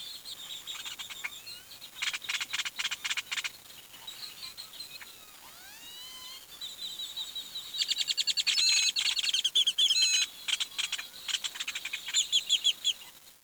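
Bird giving bright, rapid chattering trills, interrupted by thin up-and-down whistled slurs, then louder bursts of fast, ringing notes.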